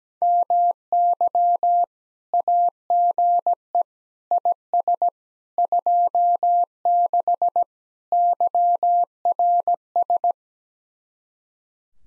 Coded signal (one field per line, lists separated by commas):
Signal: Morse code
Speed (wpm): 17 wpm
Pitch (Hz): 700 Hz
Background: none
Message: MY AGE IS 26 YRS